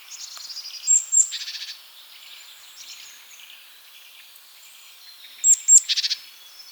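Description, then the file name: Great tit calls: a thin high whistled note followed by a dry, buzzy rattling churr, given twice with a pause between, over faint background hiss. "Parus major"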